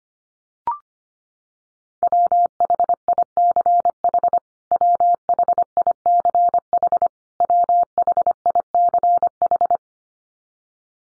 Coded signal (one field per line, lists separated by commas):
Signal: Morse code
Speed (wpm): 25 wpm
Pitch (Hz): 700 Hz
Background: none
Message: WHICH WHICH WHICH